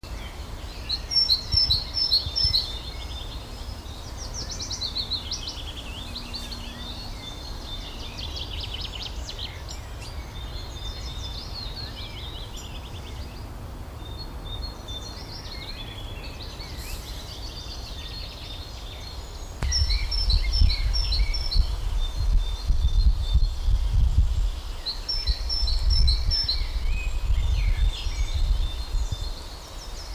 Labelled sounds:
Great Tit (Parus major) song, Willow Warbler (Phylloscopus trochilus), Common Blackbird (Turdus merula)
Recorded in the wild
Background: Phylloscopus trochilus, Turdus merula
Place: Summt, Brandenburg, DE
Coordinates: 52.6931, 13.3617
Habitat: garden
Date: 1997-05-17 12:40
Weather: sunny, 25°C
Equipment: Sony MD-WM MZ-R3, Sennheiser MKH 416 T, Kopie Uher 4000 Report Monitor
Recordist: Tembrock, Günter
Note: Männchen: Gesang

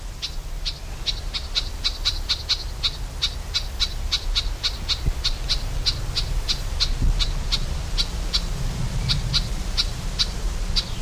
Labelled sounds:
Garden Warbler (Sylvia borin) alarm call
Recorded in the wild
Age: adult
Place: Mühlenbecker Teiche, Tegeler Fließ, Berlin, DE
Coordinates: 52.6458, 13.3956
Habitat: pond
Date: 1992-06-21 12:15
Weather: sunny, 19-26 °C, strengthening winds
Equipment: Marantz CP 430, Sennheiser ME 80, Kopie Tesla B 116
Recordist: Tembrock, Günter
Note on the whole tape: Fließteiche bei Mühlenbeck: Erregungslaute (Nestnähe), nicht gesehen

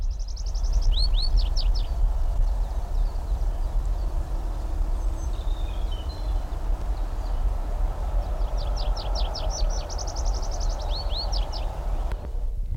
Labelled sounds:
Tree Pipit (Anthus trivialis)
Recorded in the wild
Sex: male
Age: adult
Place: Blankenfelde, Tegeler Fließ, Berlin, DE
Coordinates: 52.64, 13.39
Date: 1994-04-23 12:27
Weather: heiter 16-19°C
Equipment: Marantz CP 430, Sennheiser ME 80, Kopie Uher Variocord 263
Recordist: Tembrock, Günter

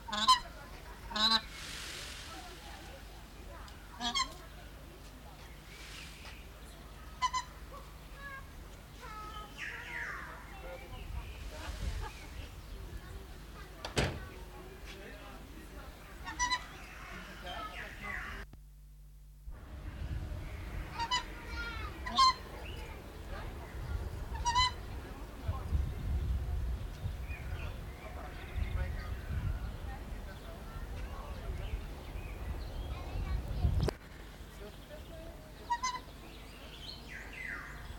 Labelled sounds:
White-winged Duck (Asarcornis scutulata) call
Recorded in captivity
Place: Zoo Berlin, Berlin, DE
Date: 1995-04-01 12:14
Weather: bedeckt - heiter, 6 - 8°C, böiger Wind
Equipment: Marantz CP 430, Sennheiser ME 80, Kopie Uher Variocord 263
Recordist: Tembrock, Günter

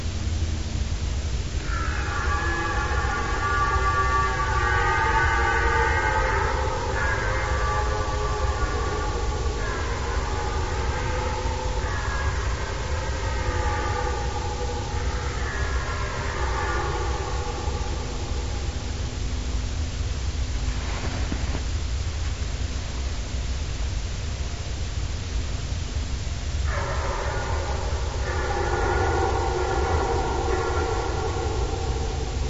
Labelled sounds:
Red Deer (Cervus elaphus)
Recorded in the wild
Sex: male
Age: adult
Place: Groß Schönebeck, Schorfheide, Brandenburg, DE
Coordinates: 52.9342, 13.5325
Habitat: coniferous forest
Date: 1996-09-23 20:55
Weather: ca. 10°C, light winds
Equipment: Sony TCD-D3, Sennheiser MKH 70, Windkorb
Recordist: Frommolt, Karl-Heinz
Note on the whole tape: ca. 1 km nördlich Groß-Schönebeck (Kiefernwald mit Lichtungen): Hirschbrunft, Rufe von drei verschiedenen Männchen und Geräusche beim Kampf (Geweihschlagen), Tiere nicht gesehen. Entfernung ca. 300-400 m. Aufnahme mit einer Unterbrechung

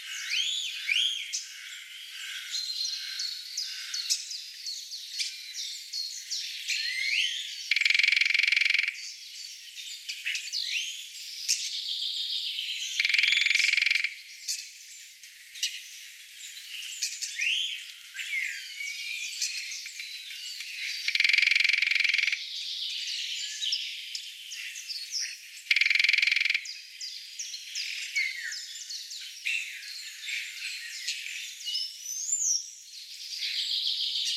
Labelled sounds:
Lesser Spotted Woodpecker (Dendrocopos minor) drumming
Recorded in the wild
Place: Oberrotweil am Kaiserstuhl, Baden-Württemberg, DE
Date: 1996-04-05
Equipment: Dat-Recorder Casio DA 7, Telinga DAT, Telinga-Parabolspiegel
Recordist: Schwarz, Dieter
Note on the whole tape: Drumming

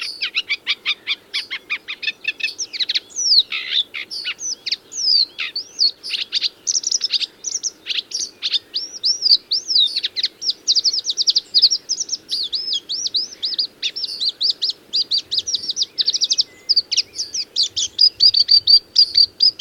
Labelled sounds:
Marsh Warbler (Acrocephalus palustris) song
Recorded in the wild
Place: Lütow, Insel Usedom, Mecklenburg-Vorpommern, DE
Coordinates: 54.032, 13.888
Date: 1975-06-15
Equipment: Nagra III BH, Sennheiser MD 21, parabola
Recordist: Schubert, Michael

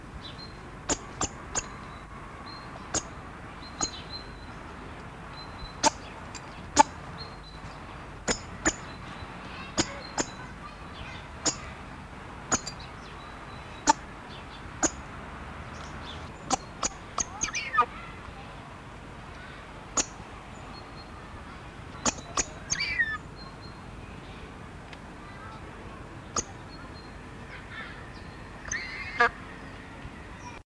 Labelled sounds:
Ocellated Turkey (Meleagris ocellata) call
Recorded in captivity
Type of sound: call
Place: Zoo Basel, CH
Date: 1976-09-14
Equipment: Halbspur, 9,5 cm/s
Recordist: Lütgens, Hans
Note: Rufe

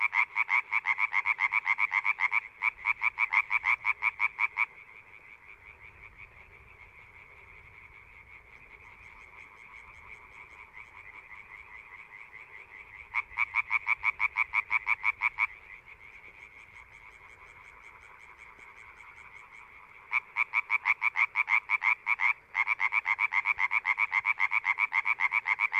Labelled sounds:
Common Tree Frog (Hyla arborea) call
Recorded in the wild
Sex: group
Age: adult
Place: Kützerhof, Kummerower See, Mecklenburg-Vorpommern, DE
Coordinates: 53.8519, 12.8739
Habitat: wetland
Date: 2008-04-29 23:09
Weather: Nieselregen, 15°C
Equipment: Zoom H2
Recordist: Frommolt, Karl-Heinz

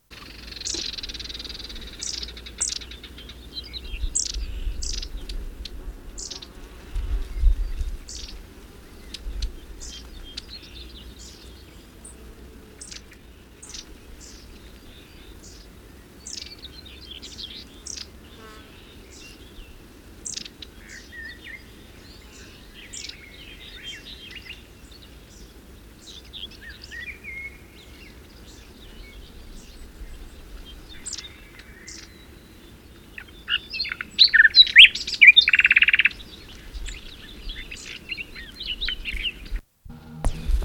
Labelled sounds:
Barred Warbler (Sylvia nisoria) song, Long-tailed Tit (Aegithalos caudatus)
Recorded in the wild
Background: Aegithalos caudatus
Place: Svoboda, Plodiv, BG
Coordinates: 42.395, 24.337
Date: 1974-05-28
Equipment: Nagra III BH, Sennheiser MD 21, parabola
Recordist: Schubert, Michael
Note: Rufe Schwanzmeise, Schnarren u. Gesang Sperbergrasmücke

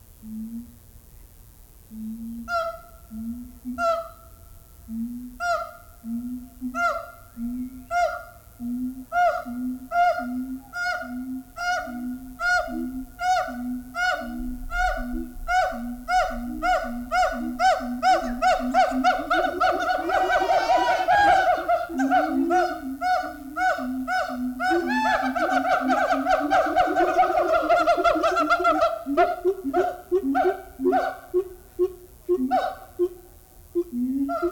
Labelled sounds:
Siamang (Symphalangus syndactylus) call
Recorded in captivity
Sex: diverse
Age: adult
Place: Zoo Berlin, Berlin, DE
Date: 1994-04-06 10:10
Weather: wolkig bis heiter, 20-27°C
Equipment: Marantz CP 430, Sennheiser ME 80, Kopie Uher Variocord 263
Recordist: Tembrock, Günter

